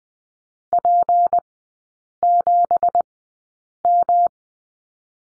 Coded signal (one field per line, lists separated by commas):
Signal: Morse code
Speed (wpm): 20 wpm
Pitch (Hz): 700 Hz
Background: none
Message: P7M